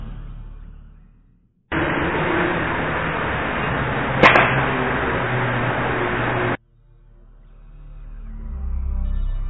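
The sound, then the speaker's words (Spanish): A single sharp musket shot cracks out in the middle of a steady hiss of recording noise, one brief loud report with no echo of further shots. It is a psychophony recorded at the old town of Belchite, Zaragoza, a battle site. The shot was not heard in reality. “Una de las psicofonías más características que obtuve allí fue un disparo de un mosquetón, un disparo que desde luego en la realidad no se escuchó.”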